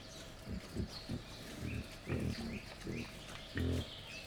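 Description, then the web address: Wild boar grunting in short, deep bursts, with a few thin bird chirps high above. Wild boar at a laid-out feeding table in Jászberény Zoo, 1 May 2015. "allathangok jaszberenyizoo 2015 professzionalis vaddiszno teritettasztal c 05 01"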